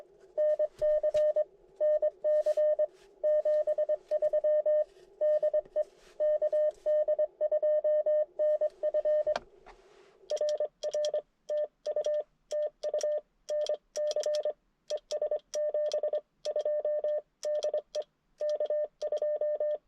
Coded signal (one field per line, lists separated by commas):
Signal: Morse code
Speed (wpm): 24 wpm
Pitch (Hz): 600 Hz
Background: none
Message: NC NC 73 DE KD2NF RR TU TU NC ES 72 DE K2